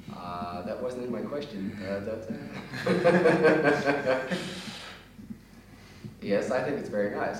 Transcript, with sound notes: Uh, that wasn't in my question, That's.... [laughs] Yes, I think it's very nice.